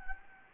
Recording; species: mosquito wingbeat signal from an infrared sensor; Anopheles gambiae